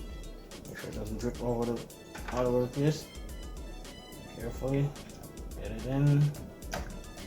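A plastic ink cartridge is being carefully guided into its slot in the printhead carriage of an HP Photosmart Premium C309g All-In-One inkjet printer while someone talks over music in the background. Faint handling sounds come at about 0.5 s and 6.7 s. The cartridge has not yet seated and no click is heard.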